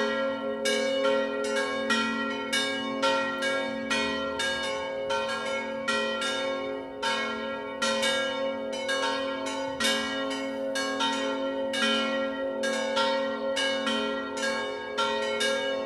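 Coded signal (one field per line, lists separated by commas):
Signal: bell signal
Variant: distesa, three swinging bells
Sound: several church bells swinging full circle, ringing continuously in an overlapping, uneven rhythm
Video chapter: [0:15] Distesa discendente di II/III/IV campana come primo ed unico cenno per la messa prefestiva delle 19.00.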